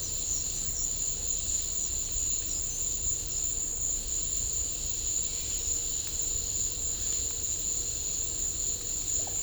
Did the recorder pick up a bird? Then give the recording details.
no. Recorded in pastures near Puerto Asís, Putumayo, Colombia, on 21 December 2024 at 14:00. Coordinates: 0.496, -76.326. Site G004